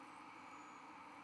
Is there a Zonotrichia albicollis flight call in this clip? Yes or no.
no